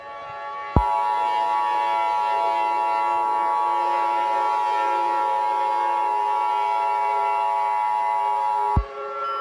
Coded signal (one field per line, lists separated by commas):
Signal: Emergency Alert System (SAME) tones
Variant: 853 and 960 Hz attention tone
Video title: EAS Short - The Snow White Rage